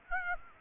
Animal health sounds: mosquito wingbeat signal from an infrared sensor; Aedes aegypti

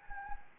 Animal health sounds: mosquito wingbeat signal from an infrared sensor; Anopheles gambiae

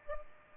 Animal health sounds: mosquito wingbeat signal from an infrared sensor; Culex pipiens

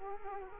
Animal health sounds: mosquito wingbeat signal from an infrared sensor; Culex quinquefasciatus

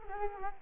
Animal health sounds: mosquito wingbeat signal from an infrared sensor; Culex quinquefasciatus

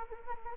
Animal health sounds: mosquito wingbeat signal from an infrared sensor; Anopheles gambiae

